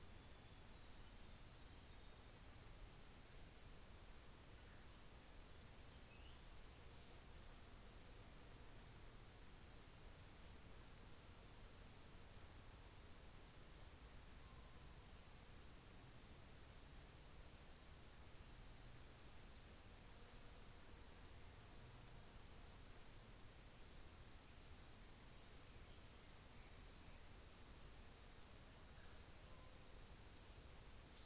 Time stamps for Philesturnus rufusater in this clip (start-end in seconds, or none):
none